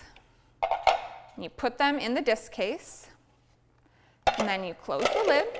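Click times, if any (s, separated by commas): none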